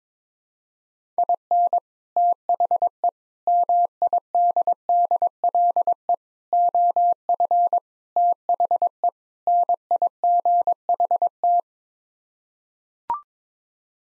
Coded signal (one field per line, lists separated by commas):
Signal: Morse code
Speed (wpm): 22 wpm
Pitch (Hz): 700 Hz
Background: none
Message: IN THE MIDDLE OF THE NIGHT